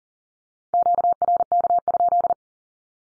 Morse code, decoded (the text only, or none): QRK?